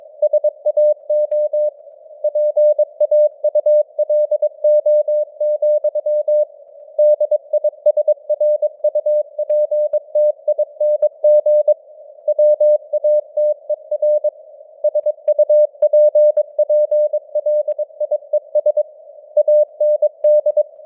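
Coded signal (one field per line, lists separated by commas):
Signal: Morse code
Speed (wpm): 22 wpm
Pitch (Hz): 600 Hz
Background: none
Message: SAO PAULO, DISRUPTING WATER SUPPLIES AND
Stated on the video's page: Morse news headlines at 22 wpm with simulated radio noise and varying signal strength (QSB).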